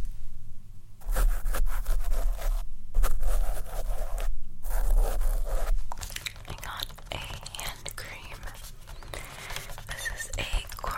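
Scratching on makeup items starts after a second of near-silence, dense and rasping for several seconds with two brief pauses. After about six seconds it turns quieter and lighter, with soft breathy sounds on top, and a low steady hum runs underneath.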